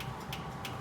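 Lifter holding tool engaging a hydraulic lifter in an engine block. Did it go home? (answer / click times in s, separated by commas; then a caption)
yes / 0.3 s. A lifter holding tool is pushed down through the pushrod hole in the cylinder head onto a hydraulic lifter in an engine block. A single metallic click at 0.3 s marks the tool grabbing and seating onto the lifter.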